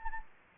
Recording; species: mosquito wingbeat signal from an infrared sensor; Anopheles gambiae